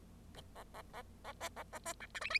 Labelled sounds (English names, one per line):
Bengalese Finch song